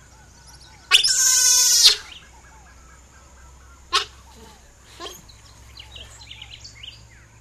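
Giant otter giving one loud, harsh scream of about one second, then two short, sharp sounds, over a steady high drone.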